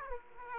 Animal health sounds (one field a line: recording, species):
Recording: mosquito wingbeat signal from an infrared sensor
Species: Aedes aegypti